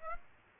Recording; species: mosquito wingbeat signal from an infrared sensor; Aedes aegypti